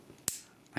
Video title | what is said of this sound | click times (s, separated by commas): TRANSFORMERS PRIME 1ST EDITION DELUXE CLASS STARSCREAM TOY REVIEW!!.. | the tip of the uh the nose con part all the way around until you hear a click | 0.3 s